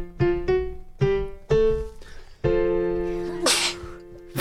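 A single sharp, hissing sneeze, brought on by excitement despite a hard effort to hold it back, breaks over sustained, sung-sounding voiced tones in a small room.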